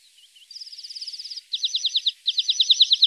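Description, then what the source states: Lark song: a soft thin whistle, then a fast buzzy trill followed by two bursts of rapid, rhythmic chirping notes, all high-pitched. Masteran training recording for larks.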